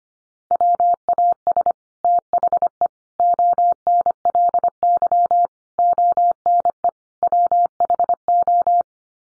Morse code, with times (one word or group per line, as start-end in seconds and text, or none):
0.5-1.7 WAS
2.0-2.9 THE
3.2-5.5 ONLY
5.8-6.9 ONE
7.2-8.8 WHO